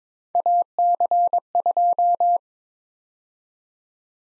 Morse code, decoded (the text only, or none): AC2